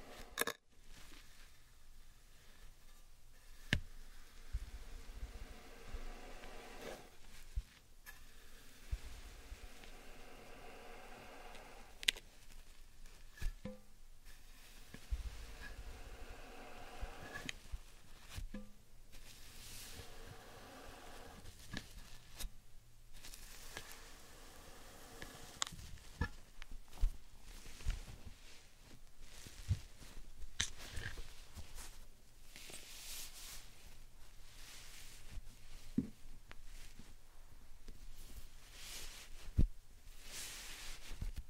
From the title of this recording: Slime Sand Triggers